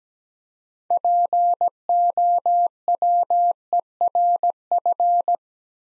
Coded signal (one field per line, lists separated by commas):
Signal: Morse code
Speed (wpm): 17 wpm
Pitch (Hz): 700 Hz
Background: none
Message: POWERF